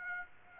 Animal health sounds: mosquito wingbeat signal from an infrared sensor; Aedes aegypti

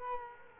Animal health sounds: mosquito wingbeat signal from an infrared sensor; Culex quinquefasciatus

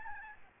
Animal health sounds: mosquito wingbeat signal from an infrared sensor; Aedes albopictus

